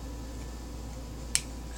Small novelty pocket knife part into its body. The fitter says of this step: we go I got it it just wasn't clicking into place as well